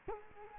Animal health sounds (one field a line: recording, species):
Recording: mosquito wingbeat signal from an infrared sensor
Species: Culex quinquefasciatus